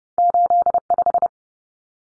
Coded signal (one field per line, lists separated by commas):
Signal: Morse code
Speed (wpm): 30 wpm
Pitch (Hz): 700 Hz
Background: none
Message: 85